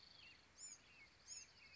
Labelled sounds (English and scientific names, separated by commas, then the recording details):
Bewick's Wren (Thryomanes bewickii)
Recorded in Sonoma County, California